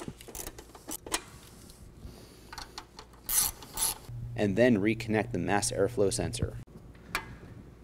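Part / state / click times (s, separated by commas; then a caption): wiring plug into mass air flow sensor / seated / 7.1 s. A plastic electrical plug is pushed onto the mass air flow sensor of a 2001-2006 BMW E46 M3 during a Mishimoto performance aluminum radiator installation. After several earlier handling clicks and a stretch where someone talks, the plug clicks into place at 7.2 s, fully seated.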